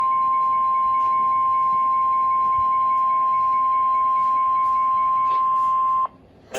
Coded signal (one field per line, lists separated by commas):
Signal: Emergency Alert System (SAME) tones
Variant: 1050 Hz attention tone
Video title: Severe Thunderstorm Warning (EAS #513)